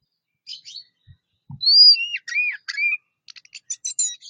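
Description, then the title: Orange-headed thrush song: a few chirps, then long clear slurred whistles, followed by a rapid run of high scratchy notes; two faint low thuds early. "Anis Merah"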